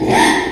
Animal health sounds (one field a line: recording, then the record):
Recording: squeal of a Yucatan mini pig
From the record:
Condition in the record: after surgery on the right vocal fold (resection and tissue-engineered implant)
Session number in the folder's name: 3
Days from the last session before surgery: 33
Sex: male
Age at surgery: 12 weeks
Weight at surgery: 13 kg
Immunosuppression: cyclosporine, prednisolone